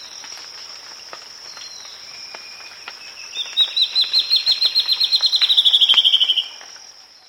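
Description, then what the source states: Spot-winged antbird song: a series of clear notes that falls slightly in pitch over about three seconds. A steady high insect drone runs throughout. South America.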